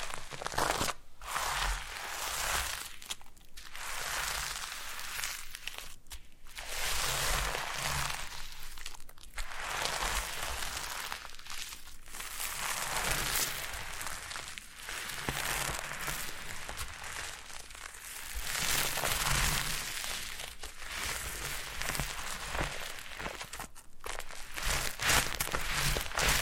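Foam being rubbed and squeezed in a massage gives dense, bright crinkling and scrunching strokes, broken by brief pauses every two or three seconds.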